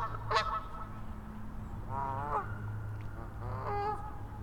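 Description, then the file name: Goose honks, nasal, three separate bursts of calls, with a constant low hum underneath. "Geese"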